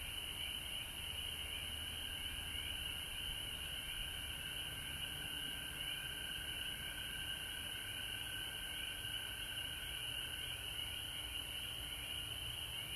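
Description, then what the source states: Frogs trilling in chorus with rapid repeated pulsed notes on top, unbroken throughout, plus a steady high hiss and low rumble. Recorded at home in Georgia on March 19, 2020.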